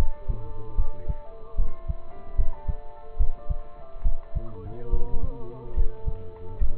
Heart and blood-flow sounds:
heart sounds by stethoscope; between the tricuspid and mitral areas; 72 bpm
0.75 s: heartbeat
1.56 s: heartbeat
2.36 s: heartbeat
3.17 s: heartbeat
4.02 s: heartbeat
4.90 s: heartbeat
5.74 s: heartbeat
6.59 s: heartbeat
From the record:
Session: rest, lying down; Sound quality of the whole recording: partially saturated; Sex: male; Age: 27 years

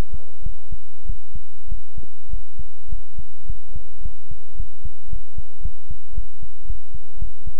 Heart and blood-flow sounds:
heart sounds by stethoscope; between the tricuspid and mitral areas; 107 bpm
0.42 s: heartbeat
1.05 s: heartbeat
1.67 s: heartbeat
2.28 s: heartbeat
2.88 s: heartbeat
3.45 s: heartbeat
4.01 s: heartbeat
4.55 s: heartbeat
5.08 s: heartbeat
5.60 s: heartbeat
6.13 s: heartbeat
6.65 s: heartbeat
7.17 s: heartbeat
From the record:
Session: pedaling a stationary bicycle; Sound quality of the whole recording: good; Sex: male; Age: 24 years

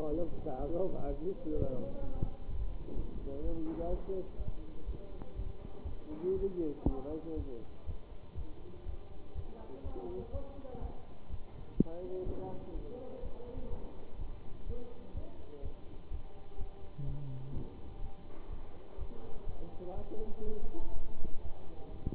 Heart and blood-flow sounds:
heart sounds by stethoscope; between the tricuspid and mitral areas; 124 bpm
0.12 s: heartbeat
0.59 s: heartbeat
1.07 s: heartbeat
1.54 s: heartbeat
2.01 s: heartbeat
2.47 s: heartbeat
2.95 s: heartbeat
3.42 s: heartbeat
3.89 s: heartbeat
4.37 s: heartbeat
4.86 s: heartbeat
5.35 s: heartbeat
5.85 s: heartbeat
6.35 s: heartbeat
6.85 s: heartbeat
7.35 s: heartbeat
7.85 s: heartbeat
8.35 s: heartbeat
8.85 s: heartbeat
9.34 s: heartbeat
9.83 s: heartbeat
10.32 s: heartbeat
10.81 s: heartbeat
11.29 s: heartbeat
11.77 s: heartbeat
12.25 s: heartbeat
12.74 s: heartbeat
13.22 s: heartbeat
13.69 s: heartbeat
14.18 s: heartbeat
14.66 s: heartbeat
15.14 s: heartbeat
15.62 s: heartbeat
16.10 s: heartbeat
16.57 s: heartbeat
17.05 s: heartbeat
17.53 s: heartbeat
18.01 s: heartbeat
18.49 s: heartbeat
18.97 s: heartbeat
19.46 s: heartbeat
19.94 s: heartbeat
20.43 s: heartbeat
20.92 s: heartbeat
21.41 s: heartbeat
21.90 s: heartbeat
From the record:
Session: Bruce protocol treadmill stress test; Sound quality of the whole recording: good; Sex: male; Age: 23 years

